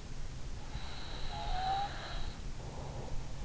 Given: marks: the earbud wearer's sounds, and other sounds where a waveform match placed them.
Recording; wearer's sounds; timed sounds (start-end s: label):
sounds in sleep by an in-ear microphone; breath
0.63-3.03 s: breath